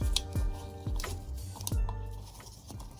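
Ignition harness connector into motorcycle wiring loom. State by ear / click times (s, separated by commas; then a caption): not seated / none. A new ignition/key wiring harness connector is handled against its mating connector on the wiring loom of a ZX14R motorcycle, ahead of being plugged in. Brief plastic-sounding taps and rustles land at about 0.2, 1.0 and 1.7 seconds over a steady tonal hum. Nothing has seated or clicked yet by the end of the clip.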